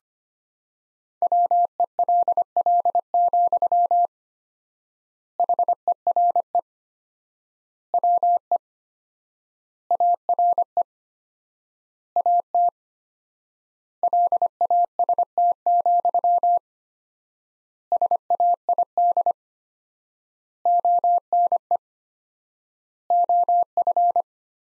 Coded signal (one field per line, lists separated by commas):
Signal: Morse code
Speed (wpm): 25 wpm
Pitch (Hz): 700 Hz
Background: none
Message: WELL, HERE WE ARE AT LAST, SAID ONE OF